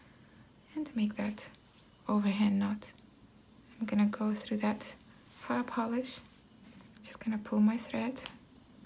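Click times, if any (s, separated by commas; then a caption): none. A beader who has tied an overhand knot in nylon thread handles a glass fire-polished bead, pulling the thread so the knot can slip inside the bead. Someone talks softly in short bursts, with faint handling noises and a small sharp sound near 8.6 s. Nothing has clicked or seated yet, and the knot is not yet inside the bead.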